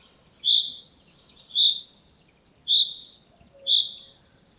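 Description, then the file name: Common chaffinch giving sharp clipped call notes, four evenly spaced about a second apart, with a soft high thin whistle early on. "Fringilla coelebs"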